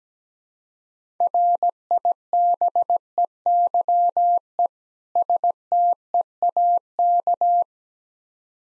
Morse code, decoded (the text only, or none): RIBEYE STEAK